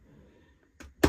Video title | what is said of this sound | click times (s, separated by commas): Enigwatch Luxury Watch Winder 😎 | And when you push them in, you hear a proper click. | 1.0 s